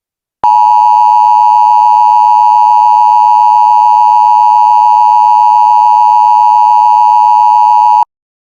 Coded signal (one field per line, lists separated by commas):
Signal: Emergency Alert System (SAME) tones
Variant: 853 and 960 Hz attention tone